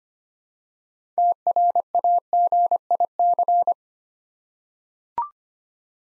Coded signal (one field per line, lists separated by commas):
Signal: Morse code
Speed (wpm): 25 wpm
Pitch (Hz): 700 Hz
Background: none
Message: TRAGIC